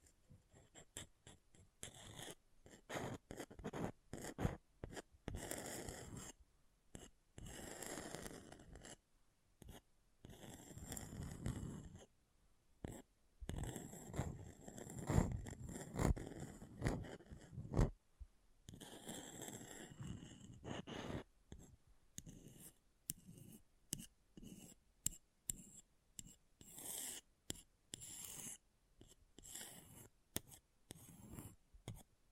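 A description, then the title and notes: Scratching against an object in short rasping strokes, bursts starting and stopping irregularly throughout, with brief silent gaps between some bursts. ASMR Brain Melting Object Scratching (No Talking).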